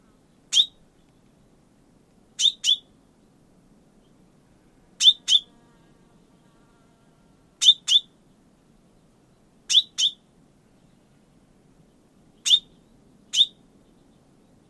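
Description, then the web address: Bird calls: sharp, high chip notes, mostly in quick pairs, repeated every two to three seconds over a faint low hum. "Bird Only"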